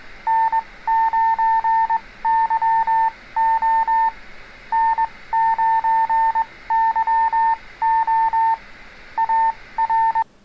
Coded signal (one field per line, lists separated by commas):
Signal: Morse code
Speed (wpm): 21 wpm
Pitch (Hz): 900 Hz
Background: none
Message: N9YO N9YO AR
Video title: Learn CW Morse Code | How to Answer a CQ Call | Absolute Beginners